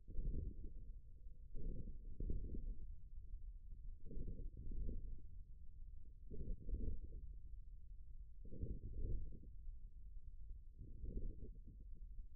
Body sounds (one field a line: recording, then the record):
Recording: forearm muscle sounds (acoustic myography)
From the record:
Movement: ulnar deviation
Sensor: system 1, eight BSWA MPA416 microphones around the upper forearm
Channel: 6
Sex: male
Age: 41 years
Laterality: right